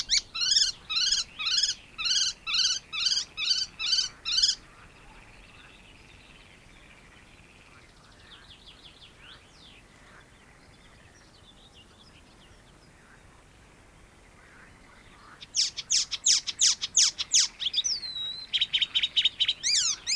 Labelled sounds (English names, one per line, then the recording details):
Icterine Warbler
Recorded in the wild
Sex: pair
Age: adult
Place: Möhrendorf, Bayern, DE
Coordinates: 49.6361, 10.9861
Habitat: pond
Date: 1962-05-31
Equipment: Stellavox SM 5, Original, Vollspur
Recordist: Tretzel, Erwin